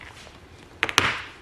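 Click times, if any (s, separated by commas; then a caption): 0.8 s, 1.0 s. A motorcycle helmet cheek pad is being reinstalled: its plastic snap is lined up with the snap on the helmet shell and pressed home. Over a faint background, sharp snap clicks ring out at about 0.8 s and 1.0 s, with a smaller tick between them. The snap has seated into the shell.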